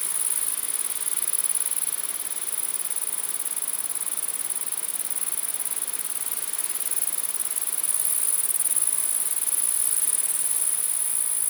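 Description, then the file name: Grasshoppers producing a constant piercing buzz against a soft hissing background. Grasshoppers recorded in the wind. "grasshoppers in the wind"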